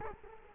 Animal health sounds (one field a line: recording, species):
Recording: mosquito wingbeat signal from an infrared sensor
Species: Culex quinquefasciatus